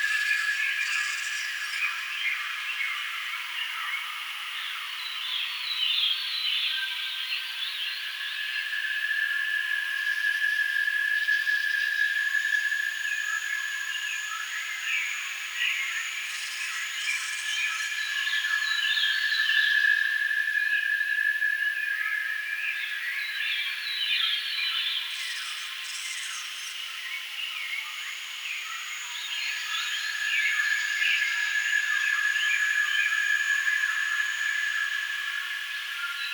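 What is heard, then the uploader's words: Jungle ambience thick with chirping insects and calls, all high-pitched with nothing in the low range. A steady whining insect tone swells in and out around 7–14, 19–22 and 29–34 seconds over a constant busy chatter of clicks and trills. A Day in the Jungle.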